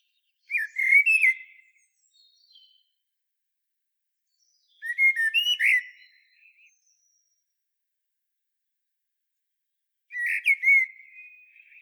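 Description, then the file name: Common blackbird singing three separate mellow warbled phrases with thin high squeaky notes, separated by several seconds of near silence. "Turdus merula"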